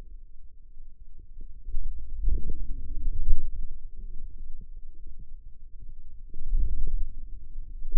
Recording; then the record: forearm muscle sounds (acoustic myography)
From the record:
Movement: ulnar deviation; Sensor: system 2, bracelet of six BSWA MPA416 microphones around the upper forearm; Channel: 6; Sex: female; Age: 21 years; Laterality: right